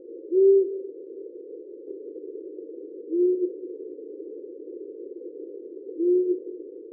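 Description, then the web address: Owl giving three short, low hoots at intervals of nearly three seconds, the later ones softer, against a continuous steady noise. "eulen geheimnisvolle geschoepfe der nacht"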